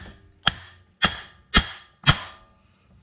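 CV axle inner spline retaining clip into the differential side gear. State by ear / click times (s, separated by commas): not seated / none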